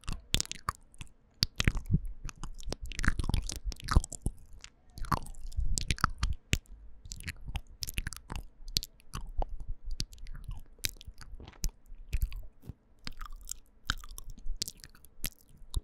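Mouth sounds made up of quick wet clicks, smacks and crunchy chewing-like bursts that keep coming throughout, denser around the middle and the last seconds. The pops are sharp and bright, with a soft low thump under many of them and brief pauses between clusters.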